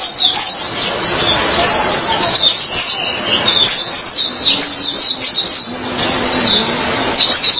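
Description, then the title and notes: White-eye song, a fast run of high twittering chirps and warbled notes in bursts with brief pauses. "Suara kicauan burung pleci"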